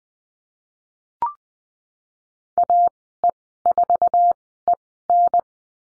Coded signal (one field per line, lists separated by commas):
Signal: Morse code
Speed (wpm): 20 wpm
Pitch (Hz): 700 Hz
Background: none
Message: AE4EN